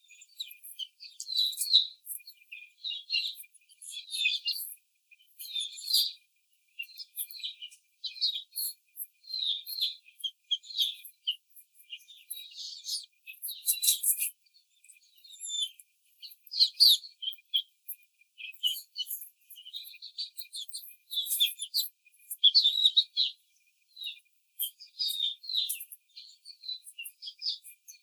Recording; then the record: young laying hens in a cage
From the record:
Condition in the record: treatment cage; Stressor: simulated dog barking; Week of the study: 5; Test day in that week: 1